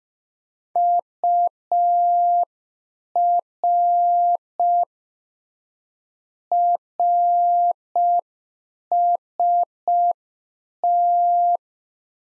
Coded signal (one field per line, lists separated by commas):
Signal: Morse code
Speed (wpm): 5 wpm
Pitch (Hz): 700 Hz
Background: none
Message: UR RST